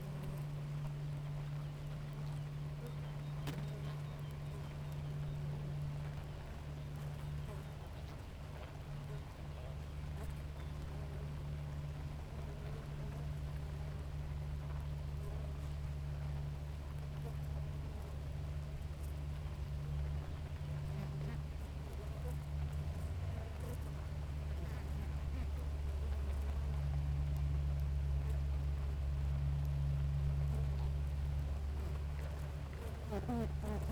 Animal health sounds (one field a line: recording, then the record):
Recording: honeybee colony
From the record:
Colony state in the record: active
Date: 28 July 2017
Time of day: 6:39